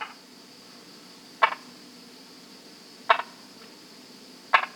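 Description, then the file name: Brauer's tree frog calls: short clicking bursts repeated roughly every one and a half seconds, three in all, over a steady background hum. "Polypedates braueri"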